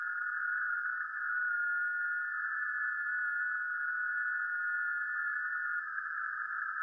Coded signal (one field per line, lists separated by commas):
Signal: FT8